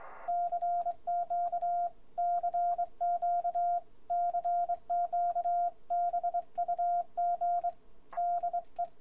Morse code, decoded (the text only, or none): CQ CQ CQ BUG DE